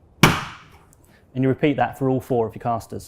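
A castor wheel is pushed into a socket in the upside-down enamelled metal base panel of a 2019 Classic Grillstream barbecue, resting on a flat surface. It clicks sharply into place at 0.2 s, with a ringing tail that fades over about half a second, followed by two faint ticks. From about 1.3 s, someone talks.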